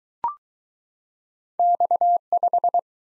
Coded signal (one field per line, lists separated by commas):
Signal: Morse code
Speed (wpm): 21 wpm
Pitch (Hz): 700 Hz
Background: none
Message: X5